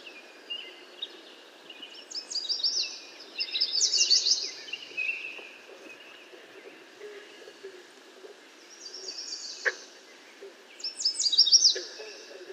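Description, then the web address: American yellow warbler song: several bright, fast phrases of high notes, with softer notes between. "American Yellow Warbler Setophaga aestiva. 2023 05 06 yellow-warbler"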